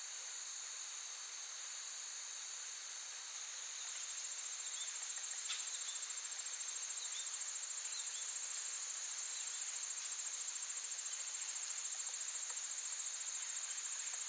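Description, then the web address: Insect chorus: a steady high drone that grows louder after about four seconds and then pulses regularly, with a few faint chirps. Forest ambience with active insects, looped. "Blastwave AMBIENCE Forest. forest active insects birds loop"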